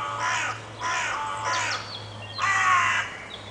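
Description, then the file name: Carrion crow cawing: four harsh, raspy caws, the last one loudest, over a low steady hum. "Corvus corone"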